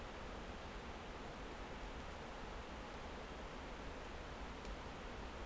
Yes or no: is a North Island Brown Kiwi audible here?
no